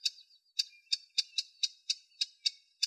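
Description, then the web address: Eurasian blackcap giving hard, clicking tack notes, repeated steadily about three times a second, with nothing else audible. "Sylvia atricapilla"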